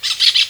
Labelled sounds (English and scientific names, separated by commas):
Brown-throated Parakeet (Eupsittula pertinax) contact call